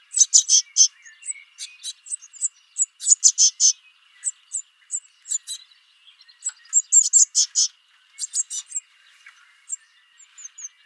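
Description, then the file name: Eurasian blue tit giving bursts of very high, thin, clipped notes, some in quick runs of three or four, with short pauses between groups and a constant faint tone behind. "Cyanistes caeruleus"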